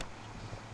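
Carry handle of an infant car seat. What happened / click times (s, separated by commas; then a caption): The handle is being moved but has not locked yet / none. A parent swings the carry handle of a rear-facing infant car seat back behind the seat, with a brief sharp onset at 0.0 s followed by steady low rumble and wind-like noise. Nothing has seated or locked yet.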